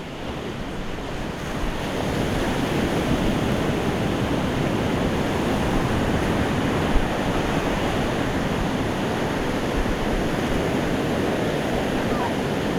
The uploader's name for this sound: The sea in Hualian, Taiwan.